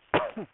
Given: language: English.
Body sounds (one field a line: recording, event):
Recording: throat vibration sensor signal played as sound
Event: cough